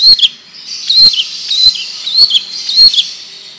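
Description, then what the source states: Long-tailed shrike, loud whistled slurs repeated several times, with sharp clicks between them. Long rolling song style (ngerol panjang); bird singing vigorously (gacor).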